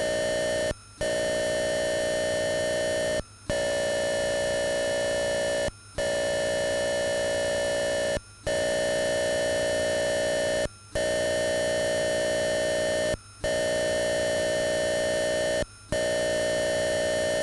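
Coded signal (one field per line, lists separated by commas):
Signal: computer data on cassette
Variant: Atari 8-bit cassette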